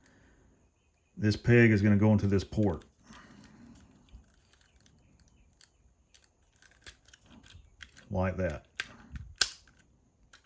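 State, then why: Seated. Someone talks while a peg on a plastic Transformers Ultra Magnus action figure is pushed into a port in its body during transformation. A sharp click sounds at 9.4 s as the peg locks the part into place.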